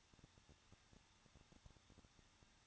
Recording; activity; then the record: daily activity, microphone in the room; no activity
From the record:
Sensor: 3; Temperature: 21.2 degrees Celsius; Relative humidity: 36.3%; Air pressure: 1006.3 hPa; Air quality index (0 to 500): 222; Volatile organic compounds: 41 ppm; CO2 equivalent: 3161 ppm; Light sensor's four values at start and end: 2/3/2/2 and 2/3/2/2